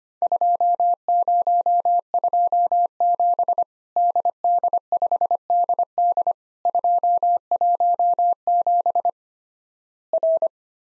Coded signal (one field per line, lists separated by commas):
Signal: Morse code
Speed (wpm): 25 wpm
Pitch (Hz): 700 Hz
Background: none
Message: 2027 DD5DD 217 R